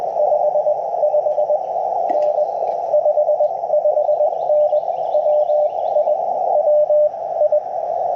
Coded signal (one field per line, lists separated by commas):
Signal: Morse code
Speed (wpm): 20 wpm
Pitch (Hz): 600 Hz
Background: radio noise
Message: 55N 55N WI WI